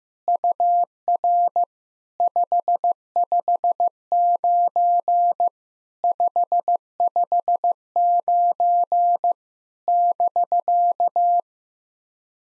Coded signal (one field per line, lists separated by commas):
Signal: Morse code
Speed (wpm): 16 wpm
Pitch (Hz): 700 Hz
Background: none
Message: UR 559 559 <BK>